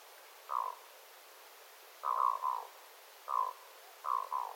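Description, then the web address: Black-throated loon giving gruff croaking notes, singly and in short groups, over low steady hiss. Adult birds calling, recorded 9 September 2025. "paivat 9 9 2025 aikuisten kuikkien aantelya aika hyva"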